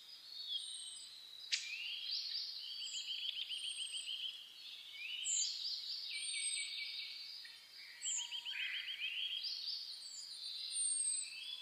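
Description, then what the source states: Birds in chorus, several overlapping songs of quick trills, sweeping whistles and buzzy rattling phrases, with a low whistled note around eight seconds. Dawn chorus (reimei) of birdsong (saezuri), recorded 10 May 2010 around 04:01.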